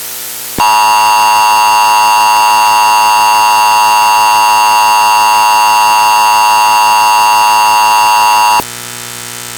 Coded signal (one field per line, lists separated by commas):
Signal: Emergency Alert System (SAME) tones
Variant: 853 and 960 Hz attention tone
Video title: EAS MOCK - The Wildcard of Nature